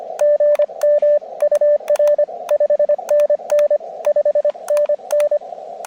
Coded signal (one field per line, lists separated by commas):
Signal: Morse code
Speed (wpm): 25 wpm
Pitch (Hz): 590 Hz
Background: radio noise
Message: GM UR 5NN 5NN